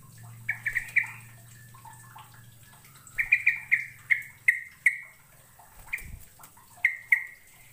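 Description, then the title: Bird chirping in irregular clusters of bright notes, with a low steady hum early on and a dull thump late on. "Kicau Burung"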